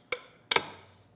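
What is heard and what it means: A modular Promenaid handrail fitting is pushed onto the rail end freshly trimmed with a miter saw. A sharp tick sounds at 0.1 s, then a louder snapping double tick at 0.5 s that rings briefly and fades. The fitting snaps into place on the cut rail end at 0.5 s.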